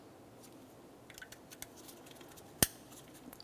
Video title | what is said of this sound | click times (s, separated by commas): How to Replace MAP Sensor 1994-2002 Dodge Ram 2500 | Listen for a click, give it a tug to make sure that's secured. | 2.6 s